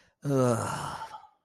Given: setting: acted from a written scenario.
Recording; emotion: vocal sound without words; shame